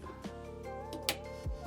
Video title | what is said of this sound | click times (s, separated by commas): This Solar install was supposed to be easy.... | so when we push it in we going to listen for this click | 1.1 s